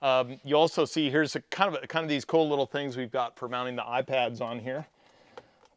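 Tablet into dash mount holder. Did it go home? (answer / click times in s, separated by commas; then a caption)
yes / 5.4 s. Someone talks for about five seconds, then an iPad is pressed into a dash-mounted tablet holder in a van. It snaps into place with a sharp click at 5.4 s, followed by a fainter tick at 5.7 s.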